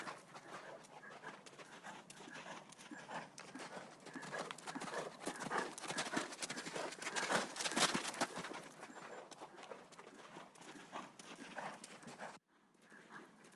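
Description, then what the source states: Horses galloping, hoof thuds building to a loud peak midway then fading, before an abrupt cut to quieter hoof sounds. Horses galloping outdoors on sand.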